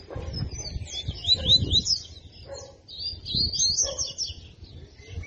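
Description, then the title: Double-collared seedeater song: two quick runs of high, looping slurred notes, with soft low thumps and rustling underneath. Song in the tui-tui style; the bird is described as fibra (spirited). "COLEIRO DE GOLA TUI TUI FIBRA"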